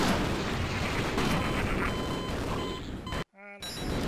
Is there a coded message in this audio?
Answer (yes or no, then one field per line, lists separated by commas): no